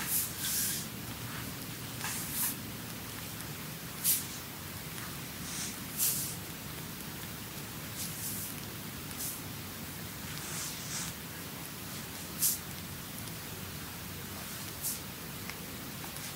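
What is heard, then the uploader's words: Hands work through a creamy full body massage, a soft continuous rubbing and shuffling that stays low and steady. Every couple of seconds a brief, bright wet slap or squish rises above it, at an uneven pace, with no other sounds behind. ASMR Creamy Full Body Massage by Adel.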